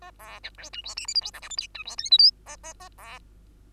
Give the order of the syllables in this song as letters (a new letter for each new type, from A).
A B C D E F G H I J K L M N E F O P Q A A A B